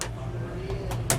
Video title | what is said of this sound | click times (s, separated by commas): etrailer - Premium Slim LED Strip Light Review | push the other side in it'll snap into place | 1.1 s